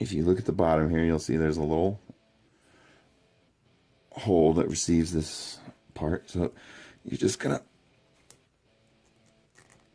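Someone talks while handling a small die-cast Star Wars Black Series Titanium Kylo Ren figure, lining its foot up with the peg on its display base. Between the talking there are quiet stretches with a couple of faint ticks near the end. The figure's foot has not snapped onto the base peg yet, and nothing has seated or clicked.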